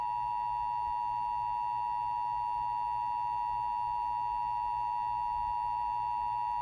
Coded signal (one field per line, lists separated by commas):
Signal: Emergency Alert System (SAME) tones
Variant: 853 and 960 Hz attention tone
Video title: 2021 National Periodic Test (EAS #259) 8/11/21